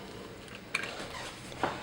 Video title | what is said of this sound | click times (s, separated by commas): Toy Review: Master Made Titan (Mobile City Mega Series) | and there you go it'll click in place for you | 0.8 s